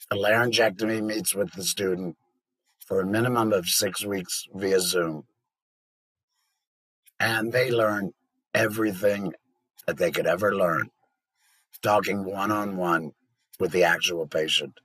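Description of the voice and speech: Adult male laryngectomee speaking in phrases separated by pauses. Alaryngeal speech after total laryngectomy for stage 4 squamous cell carcinoma of the larynx that invaded the cartilage. Voice quality is good and clear.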